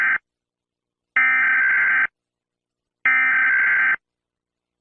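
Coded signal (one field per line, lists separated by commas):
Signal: Emergency Alert System (SAME) tones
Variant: header bursts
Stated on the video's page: Mock, fictional EAS scenario for Tulsa.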